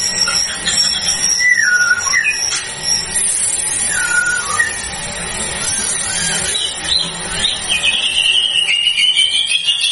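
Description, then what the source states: White-rumped shama song: slurred whistles dropping and rising in short phrases, over a steady hiss. Lure sound used to provoke a response from white-rumped shamas; the bird is described as gacor, singing actively and continuously.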